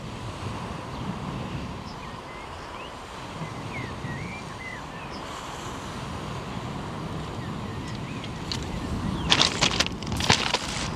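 A steady low rush of waves and wind fills the recording along the Omø coastline, with short bird chirps scattered through the first half. Near the end, from about nine seconds, louder crackling bursts break in over the surf.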